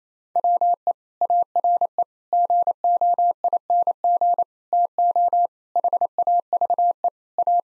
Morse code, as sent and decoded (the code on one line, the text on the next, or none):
.-- . / .- .-. . / --. --- .. -. --. / - --- / .... .- ...- . / .-
WE ARE GOING TO HAVE A